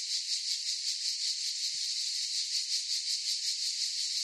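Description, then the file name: Cicadas droning together in a continuous high buzz that swells and pulses slightly about three times a second. Forest chorus of cicadas. "gain walkers CICADAS Forest Chorus"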